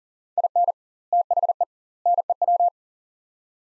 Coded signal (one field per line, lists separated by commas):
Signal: Morse code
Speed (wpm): 40 wpm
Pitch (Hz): 700 Hz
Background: none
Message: IN THE NEW